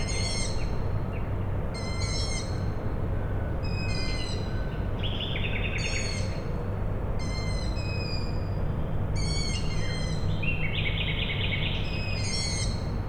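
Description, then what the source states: Owl: repeated high, rasping squeaks from owl chicks roughly every two seconds, with a steady mechanical hum throughout. Owl chicks calling at night, Tuesday 21 May 2019, Michałkowice, Siemianowice Śląskie, Poland; industrial plant in background; Zoom H5, Audio-Technica BP4025.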